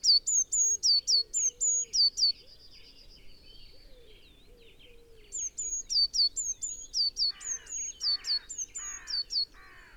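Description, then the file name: Eurasian blue tit calling in a fast run of high, thin notes, each a flat whistle dropping sharply; a pause, then another run joined by harsher, lower buzzy notes. "Cyanistes caeruleus"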